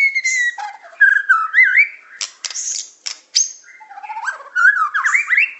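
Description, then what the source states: Bird song of wavering whistled phrases that rise and fall, broken by short sharp chips and high clicks. Masteran training recording, a complete compilation of bird song.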